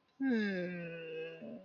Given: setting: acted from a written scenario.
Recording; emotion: vocal sound without words; sadness